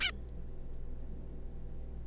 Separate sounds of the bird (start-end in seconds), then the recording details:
0.01-0.11. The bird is a juvenile. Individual R3549